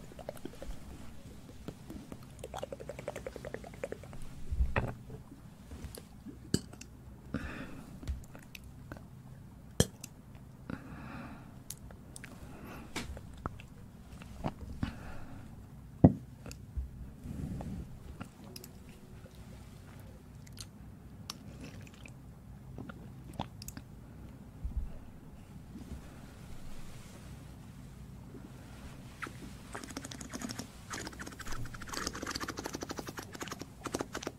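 Ear cleaning and ear massage sounds: a constant low rubbing rumble with frequent sharp clicks and crackles scattered throughout. Around 30 seconds a brighter, hissier scratching texture joins in, growing denser toward the end.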